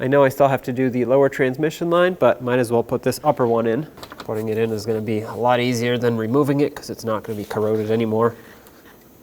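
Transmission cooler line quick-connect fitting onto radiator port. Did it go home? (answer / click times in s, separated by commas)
no / none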